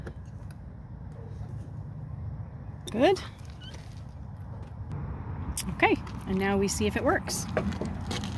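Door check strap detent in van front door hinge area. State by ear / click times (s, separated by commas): not seated / none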